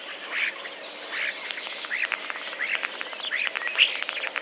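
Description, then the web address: Common starling song: rough chirps followed by a rattling run of rapid clicks and squeaky notes. Starling song including mimicry of sparrow sounds; recorded 10 April 2023. "wroblowe zapozyczenia szpaki 10 04 2023"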